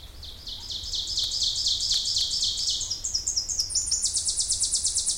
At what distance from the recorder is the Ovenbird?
about 20 m